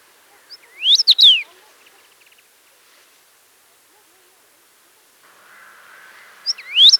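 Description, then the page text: Common rosefinch song, a clear phrase of slurred up-and-down whistles, a few faint ticks, then a low steady hiss before the phrase begins again at the end. "Common Rosefinch Song. Quick Sounds"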